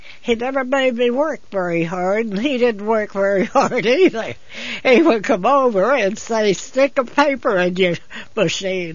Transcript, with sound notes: He never made me work very hard and he didn't work very hard either. (she laughs) He would come over and say, "Stick a paper in your machine."